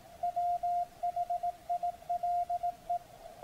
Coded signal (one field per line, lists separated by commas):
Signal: Morse code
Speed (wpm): 18 wpm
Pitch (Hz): 700 Hz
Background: none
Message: WHILE